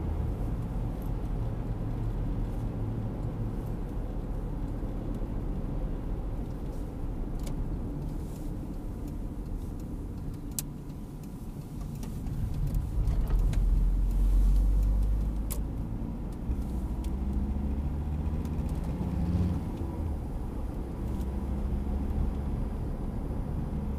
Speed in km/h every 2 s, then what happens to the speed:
59, 55, 53, 46, 34, 26, 20, 16, 23, 36, 46, 52.
0-14 slows to 16. 15-24 speeds up to 52.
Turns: 10-15.